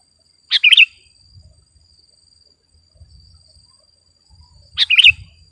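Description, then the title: Sooty-headed bulbul song: two short bubbly phrases of several quick notes, about four seconds apart, with a faint steady high whine and soft low noise. "kutilang"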